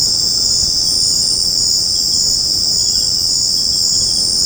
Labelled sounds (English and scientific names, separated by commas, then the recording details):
none
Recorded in secondary vegetation near Puerto Asís, Putumayo, Colombia, on 13 March 2025 at 19:30
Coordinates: 0.481, -76.318
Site G097